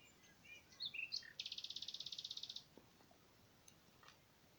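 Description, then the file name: Common nightingale song: brief varied chirps and a whistle, then a dense buzzy run of rapidly repeated notes lasting over a second, with faint notes afterward. "Luscinia megarhynchos"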